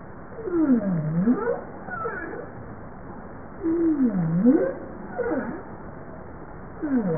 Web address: Bowhead